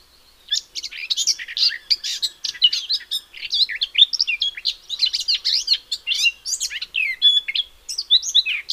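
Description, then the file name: Eurasian blackcap song: a rapid, scratchy warble of high, varied notes running almost without pause. "Sylvia atricapilla"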